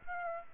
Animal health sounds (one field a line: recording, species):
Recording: mosquito wingbeat signal from an infrared sensor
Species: Aedes aegypti